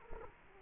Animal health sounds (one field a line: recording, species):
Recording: mosquito wingbeat signal from an infrared sensor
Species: Culex quinquefasciatus